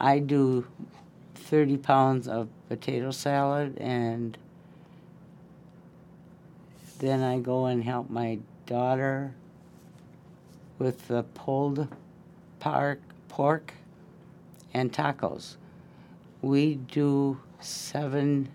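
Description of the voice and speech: Adult speaker with primary progressive aphasia reading her own story aloud. Speech comes in short phrases separated by long silent pauses of several seconds, with a repeated, self-corrected word. She struggles to get her words out and is losing more of her words.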